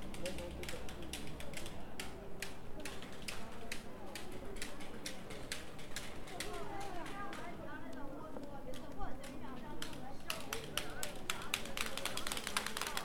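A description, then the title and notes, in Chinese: A busy pedestrian street in Shenyang's Zhongjie, filled with a steady, dense murmur of many voices talking at once. Sharp clicks and taps, like footsteps or clattering, sound quickly and often throughout, a little denser near the end. 沈阳，中街。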